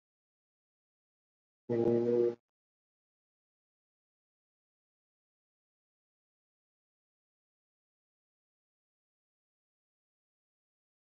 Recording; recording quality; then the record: sustained vowel as in boot; moderate, slight background noise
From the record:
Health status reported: COVID-19 positive, no symptoms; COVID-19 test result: positive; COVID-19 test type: RT-PCR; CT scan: not taken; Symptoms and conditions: hypertension, diabetes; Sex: male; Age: 46 years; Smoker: yes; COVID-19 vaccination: both doses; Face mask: worn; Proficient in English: no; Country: India